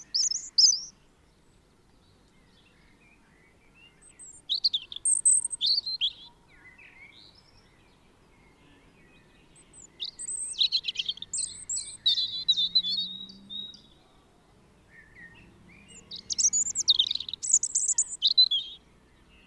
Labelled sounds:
European Robin (Erithacus rubecula) song

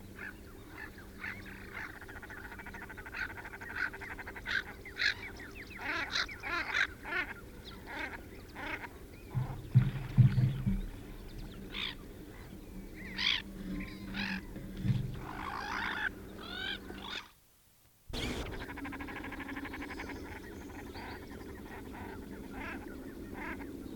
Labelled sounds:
Common Shelduck (Tadorna tadorna) courtship call

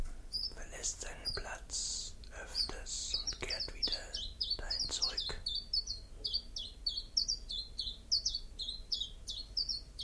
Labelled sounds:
Common Chiffchaff (Phylloscopus collybita) song

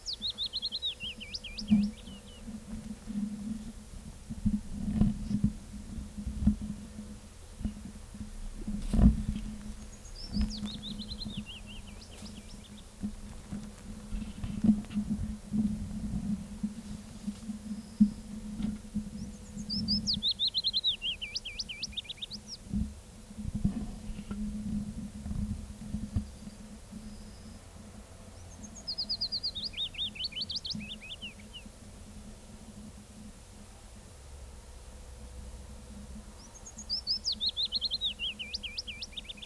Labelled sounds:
Willow Warbler (Phylloscopus trochilus) song

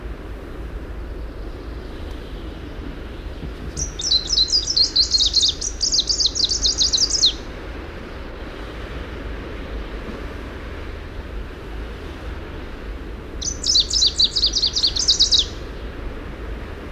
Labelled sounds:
Greenish Warbler (Phylloscopus trochiloides) song

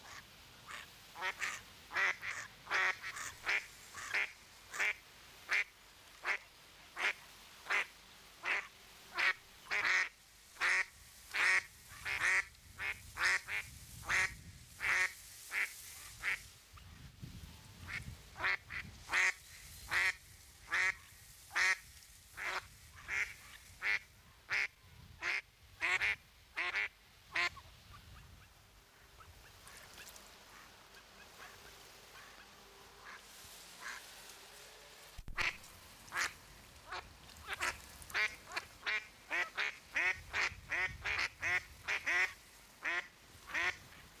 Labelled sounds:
Mallard (Anas platyrhynchos) call

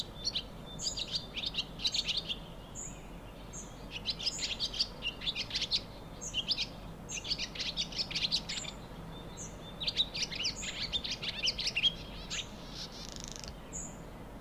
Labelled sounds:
Barn Swallow (Hirundo rustica)

